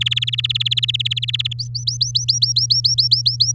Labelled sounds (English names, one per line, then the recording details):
Domestic Canary song
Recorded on 10 May 2018 at 15:05
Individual llb16